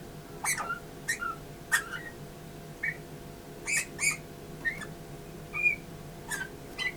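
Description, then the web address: Eurasian bullfinch calls: soft, short whistled notes near the same pitch, given every second or so, mixed with sharp clicking noises and a steady low hum. "SETE data Pyrrhula pyrrhula"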